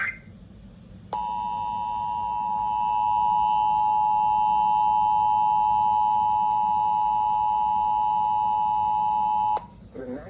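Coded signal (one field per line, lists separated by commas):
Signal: Emergency Alert System (SAME) tones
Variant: 853 and 960 Hz attention tone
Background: speech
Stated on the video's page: Real EAS alerts received, mostly flash flood warnings plus a severe thunderstorm warning.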